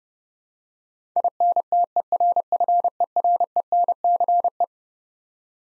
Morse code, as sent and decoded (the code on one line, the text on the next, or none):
.. -. - . .-. ..-. . .-. . -. -.-. .
INTERFERENCE